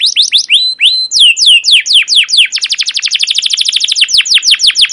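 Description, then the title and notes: Canary song: loud sweeping whistled chirps, then a fast rolling series of descending chirp notes, with faint clicks in the background. Captive canary; long, continuous chirping song used as a lure and master recording to train young canaries to sing. "CUIT CUIT NGEROL LANGSUNG GACOR PANJANG Kenari Ini AMPUH Utk Pancingan KENAR. PANCINGAN Kenari GACOR PANJANG Cuit CUIT EMOSI ini AMPUH utk MASTERAN Kenari PAUD belajar BUNYI. burung kenari"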